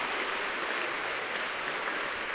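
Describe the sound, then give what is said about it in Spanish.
Sustained applause from a crowd, given for the words of the bishops of Latin America, a dense, steady wash of many hands clapping at once with no breaks and no voices over it. “Démosle un aplauso a los obispos de América Latina por estas palabras.”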